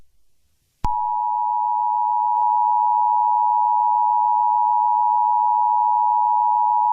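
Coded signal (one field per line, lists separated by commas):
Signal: Emergency Alert System (SAME) tones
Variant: 853 and 960 Hz attention tone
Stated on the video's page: Fictional EAS scenario, not a real alert.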